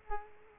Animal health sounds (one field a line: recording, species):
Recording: mosquito wingbeat signal from an infrared sensor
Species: Culex quinquefasciatus